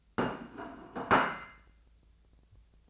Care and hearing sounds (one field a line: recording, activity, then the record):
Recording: daily activity, microphone in the room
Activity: place plate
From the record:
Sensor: 2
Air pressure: 1000.0 hPa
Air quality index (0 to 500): 133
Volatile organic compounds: 2 ppm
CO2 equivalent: 1130 ppm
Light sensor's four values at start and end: 23/59/25/27 and 23/59/25/27